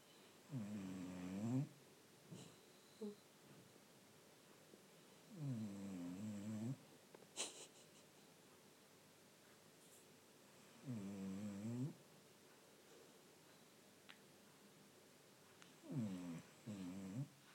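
Four loud, rumbling snores about every five seconds, roughly 12 a minute, from Trinnie, a sleeping pet cat, in a quiet room.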